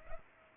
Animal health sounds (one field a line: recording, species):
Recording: mosquito wingbeat signal from an infrared sensor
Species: Culex pipiens